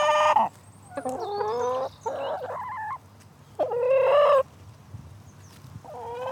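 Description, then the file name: Chickens giving drawn-out wavering clucks and squawks in bursts about a second long, with pauses between, over a low continuous hum. Chickens close up on a farm, waiting to be fed, with distant traffic. "Chickens Close Up Waiting To Be Fed Farm Distant Traffic Wind Bird Song"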